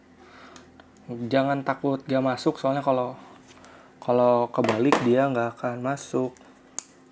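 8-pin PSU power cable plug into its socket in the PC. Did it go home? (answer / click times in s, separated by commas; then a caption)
yes / 6.8 s. An 8-pin PSU power cable plug is pushed into its socket in the PC. It only fits one way and will not go in if reversed, so it is pressed in all the way until it clicks. Someone talks for most of the clip, then a short sharp click at 6.8 s marks the connector seating.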